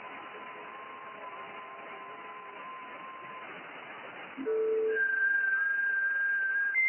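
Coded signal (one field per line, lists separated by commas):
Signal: FT8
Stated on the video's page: FT8 on 28 MHz, FTdx101MP at 200 W, rotating 4-element Yagi at 17 m height, contacts with Argentina, Vietnam, Australia.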